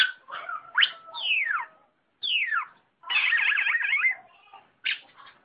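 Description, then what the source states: Long-tailed shrike: cendet song, bursts of sweeping whistles and harsh chattery notes separated by short silences. Combination song style (kombinasi).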